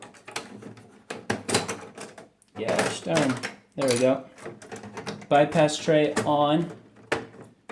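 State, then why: Seated. While a Brother laser printer is being reassembled, someone talks and handles a plastic part beside the bypass tray, with several light knocks and taps. At 7.1 s the plastic part snaps back into the printer body near the bypass tray with a sharp click and is seated in place, where it had not been snapped in before.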